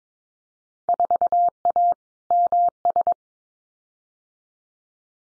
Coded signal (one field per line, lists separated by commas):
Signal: Morse code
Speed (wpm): 22 wpm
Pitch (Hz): 700 Hz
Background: none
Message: 4A MS